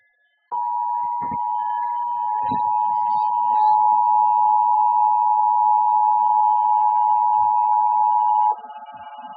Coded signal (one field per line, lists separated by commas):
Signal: Emergency Alert System (SAME) tones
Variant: 853 and 960 Hz attention tone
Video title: TeleBlue's Final Known EAS broadcast before the 2011 San Francisco tsunami. (2011)